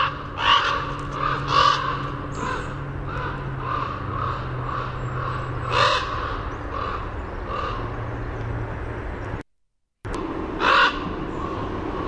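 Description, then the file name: Common raven giving rough, grating croaks in an irregular series over a steady low hum. "CORA call"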